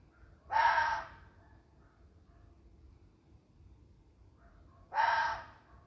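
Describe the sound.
Fox screaming twice, harsh raspy cries about half a second each, separated by roughly four seconds of near silence with faint soft background notes.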